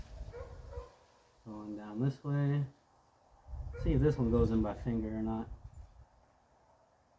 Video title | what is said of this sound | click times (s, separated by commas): How replace Denso coil boots and springs Toyota 2.4 2AZFE | didn't click in and | none